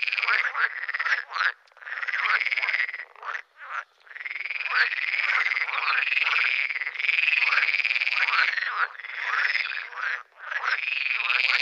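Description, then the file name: Pool frog calling in a steady run of harsh, rattling croaks, with brief gaps where the calling drops away before resuming. "grenouille de lessona"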